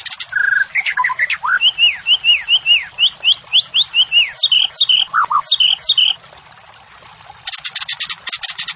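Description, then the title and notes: White-rumped shama song of rapid rising and falling whistled notes, sweet warbled doublets and high tinkling notes, ending in a brief buzzy rattle after a pause. Morning song of the white-rumped shama, described as vigorous, used as a lure and tutoring recording for training caged songbirds and building their fighting spirit. "Masteran Murai. Pancingan Murai Batu Pagi Hari Melatih Mental Fighter. Murai Batu Gacor"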